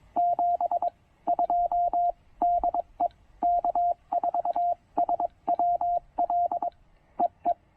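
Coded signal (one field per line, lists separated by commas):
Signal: Morse code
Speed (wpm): 23 wpm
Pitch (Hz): 690 Hz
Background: none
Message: 72 DE K4SWL EE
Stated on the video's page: CW from a POTA activation using the Penntek TR-45L with its Z-Match tuner and internal battery.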